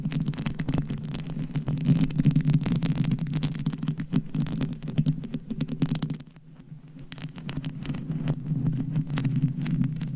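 Scratching and tapping on a microphone cover, with a dense low rumbling band that runs almost throughout. Quick crackly scrapes and taps pile up continuously, thinning briefly around six seconds before building back up to a steady rasp.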